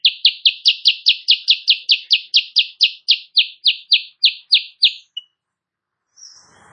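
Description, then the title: Sooty-headed bulbul song: a steady string of many crisp chirps, ending abruptly before a soft rustle. Morning singing of a Kutilang Sutra used as a tutor recording for training songbirds; described as singing constantly and prompting rival birds to answer. "Masteran Kutilang Sutra. Kutilang Sutra GACOR pagi hari bikin lawannya AUTO NYAUT"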